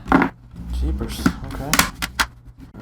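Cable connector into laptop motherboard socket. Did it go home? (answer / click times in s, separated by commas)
yes / 0.1 s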